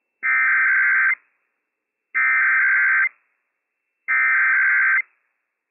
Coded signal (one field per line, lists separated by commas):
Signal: Emergency Alert System (SAME) tones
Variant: header bursts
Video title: Washington State EOC RWT - WWF56 - EAS #193 - 11:00 AM PST 11/9/21